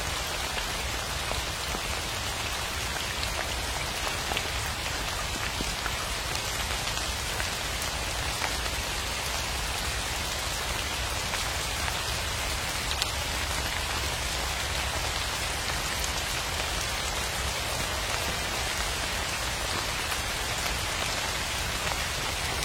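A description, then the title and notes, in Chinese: Spring rain patters steadily and densely, a soft rushing hiss of countless drops falling on a surface. The sound holds even throughout, with fine crackling detail in the upper range and a faint low rumble beneath, and no distinct events. 春雨沙沙。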